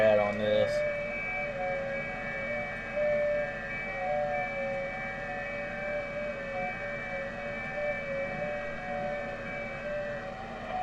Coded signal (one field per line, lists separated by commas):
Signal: FT8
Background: speech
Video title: Saturday Night #ft8 #qrp #hamradio